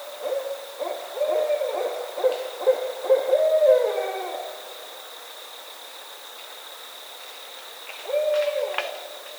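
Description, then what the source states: Barred owl calling: a quick string of clipped hoots building to a drawn-out downslurred note, a pause of several seconds, then one more drawn-out hoot; steady faint high whine throughout. Recorded on 22 October 2010.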